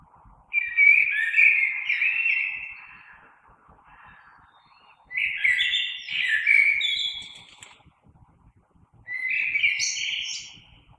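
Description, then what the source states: Common blackbird song: three mellow whistled phrases spaced by pauses of a second or two. Recorded 3 March 2020.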